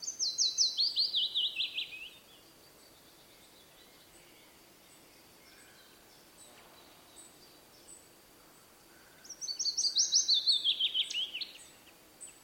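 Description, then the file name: Willow warbler song heard twice, about nine seconds apart, each time a wistful run of whistles dropping down the scale. "piecuszek Phylloscopus trochilus"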